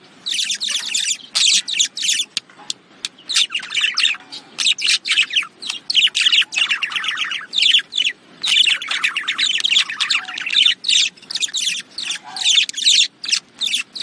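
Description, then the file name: Budgerigars chattering busily, a dense stream of harsh, buzzy chirps and squawky notes with rapid trills, almost without pause. "Budgie Sounds"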